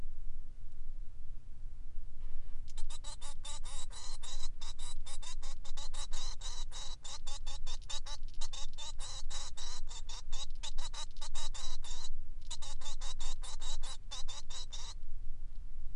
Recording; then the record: song of a male Bengalese finch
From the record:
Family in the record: son of father 3